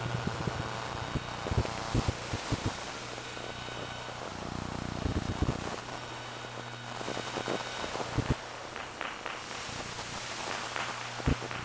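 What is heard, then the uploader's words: Electromagnetic hum and buzz from electrical devices, a steady low drone with fine whining tones above it. Sharp clicks and crackling bursts come irregularly throughout, and a dense rougher hiss swells briefly around the middle, near five seconds. Electromagnetic energy converted into audio energy. This piece incorporates electromagnetic sound recordings of electrical devices such as cell phones, tablets, keyboards, laptops, printers, hard drives, etc.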